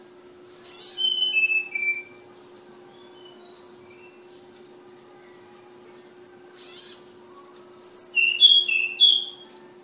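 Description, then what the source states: Flowerpecker song: two bursts of high thin descending whistled notes several seconds apart, with a brief soft rustle between them and a constant low hum. Flowerpecker from Kudus; local names tledekan and sulingan; bird named Ababil.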